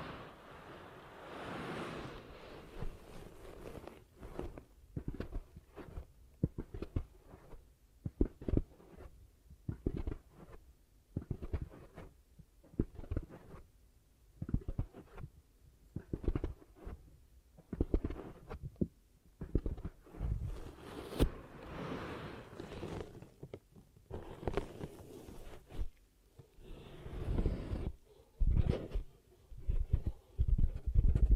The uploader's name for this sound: ASMR 10 Ear Cupping Triggers